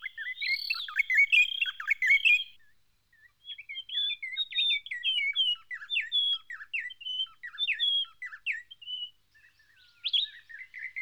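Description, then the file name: White-browed robin-chat song, a loud burst of mixed whistles followed by a long run of quick, varied chirping notes. "Cossyphe d Heuglin Cossypha heuglini White-Browed robin-chat Weissbrauenrotel"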